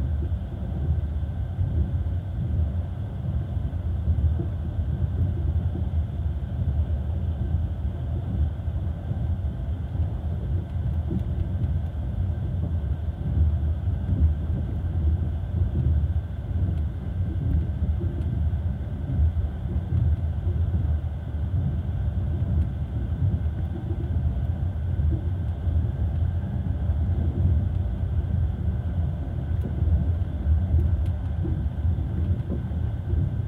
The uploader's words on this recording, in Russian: Ночной экспресс. Мерный звук ночного поезда.